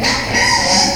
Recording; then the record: squeal of a Yucatan mini pig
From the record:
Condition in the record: before surgery on the right vocal fold (resection and tissue-engineered implant); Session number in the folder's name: 2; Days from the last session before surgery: 0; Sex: male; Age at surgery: 12 weeks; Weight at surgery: 13 kg